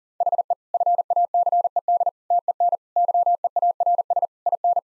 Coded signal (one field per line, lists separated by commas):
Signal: Morse code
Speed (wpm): 40 wpm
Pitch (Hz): 700 Hz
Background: none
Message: HE FACED TEN YEARS IN